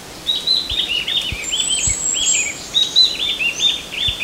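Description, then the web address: Mountain wren-babbler calls, quick runs of short downward-slurred chips tumbling over one another, backed by a steady high insect-like whine and faint low thumps. Recorded on Mount Kinabalu, 14 August 2009. "MTKINABALUBUKITULAR 20090814. mountain wren-babbler"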